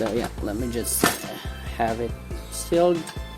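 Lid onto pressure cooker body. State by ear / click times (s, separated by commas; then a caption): not seated / none. The metal lid of a pressure cooker holding grain spawn jars is handled onto the cooker body while someone talks. Nothing has seated or clicked yet, and the lid is not yet locked shut.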